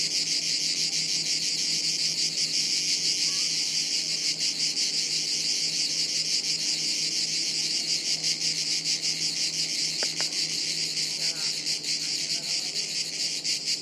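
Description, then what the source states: Cicada chorus forming an unbroken shrill wall of buzzing with fast throbbing, a brief click near the tenth second. Chorus high in trees in woods near Sirolo, Italy; hot afternoon, August 23.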